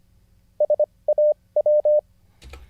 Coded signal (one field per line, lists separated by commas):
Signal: Morse code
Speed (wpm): 25 wpm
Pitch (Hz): 600 Hz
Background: none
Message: SAW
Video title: How to Learn Morse Code (Day 43) [Livestream]